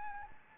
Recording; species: mosquito wingbeat signal from an infrared sensor; Anopheles arabiensis